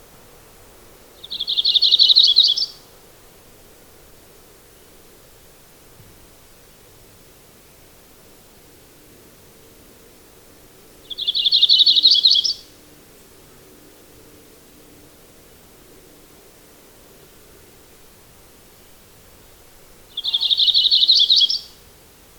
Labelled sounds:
Yellow-rumped Warbler (Setophaga coronata) song
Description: Audubon's Warbler song recorded on the Gem Lake Trail in Rocky Mountain National Park
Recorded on 22 June 2015

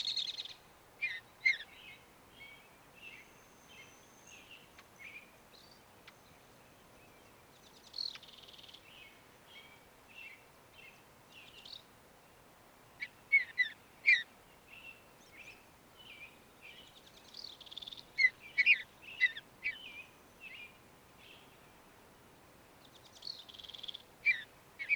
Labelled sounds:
Mountain Bluebird (Sialia currucoides) song
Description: Mountain Bluebird song recorded in Moraine Park in Rocky Mountain National Park
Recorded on 29 May 2017

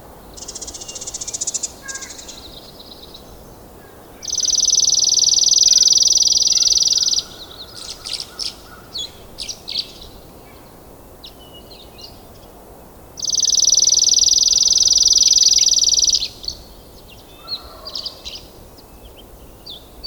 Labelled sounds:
Chipping Sparrow (Spizella passerina) song
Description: Chipping Sparrow song recorded in Horseshoe Park in Rocky Mountain National Park
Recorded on 19 May 2016

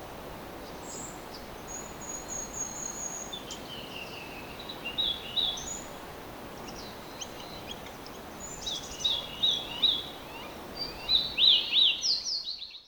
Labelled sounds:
Fox Sparrow (Passerella iliaca) song
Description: Fox Sparrow song recorded at the Alluvial Fan in Rocky Mountain National Park
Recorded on 19 May 2016

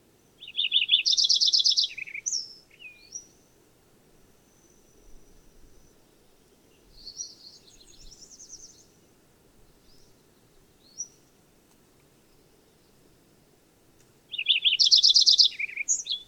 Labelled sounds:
Lincoln's Sparrow (Melospiza lincolnii) song
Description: Lincoln's Sparrow song recorded from two different birds on the Cow Creek Trail in Rocky Mountain National Park
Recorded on 22 June 2015

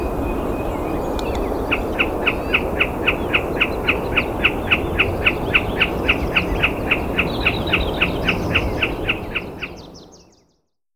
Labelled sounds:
Wilson's Snipe (Gallinago delicata) call
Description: Wilson's Snipe call recorded at the Alluvial Fan in Rocky Mountain National Park
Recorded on 19 May 2016

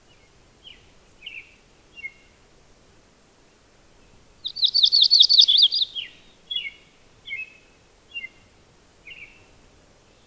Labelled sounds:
Yellow-rumped Warbler (Setophaga coronata) song
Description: Audubon's Warbler song recorded on the Gem Lake Trail in Rocky Mountain National Park
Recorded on 22 June 2015

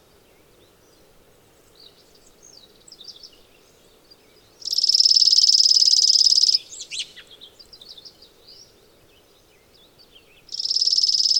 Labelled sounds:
Chipping Sparrow (Spizella passerina) song
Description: Chipping Sparrow song recorded on the Cow Creek Trail in Rocky Mountain National Park
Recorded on 15 June 2015

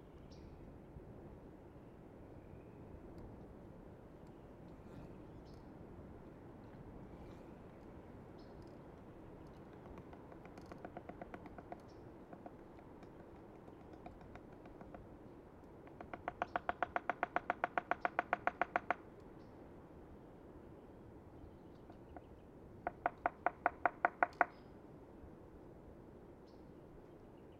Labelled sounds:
American Three-toed Woodpecker (Picoides dorsalis) drumming
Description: American Three-toed Woodpecker drum recorded at the Beaver Ponds in Rocky Mountain National Park
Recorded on 30 May 2017

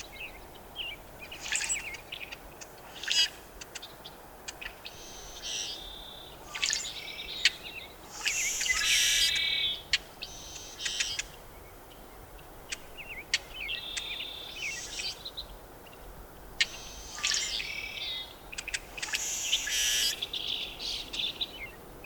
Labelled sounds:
Brewer's Blackbird (Euphagus cyanocephalus)
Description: Brewer's Blackbird song and call recorded in Moraine Park in Rocky Mountain National Park
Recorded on 18 May 2016

